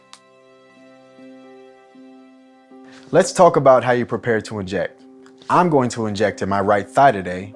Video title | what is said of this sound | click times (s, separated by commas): Skyrizi on Body Injector | close the door right away so your medicine doesn't dry out by squeezing firmly until you hear it snap shut | 0.1 s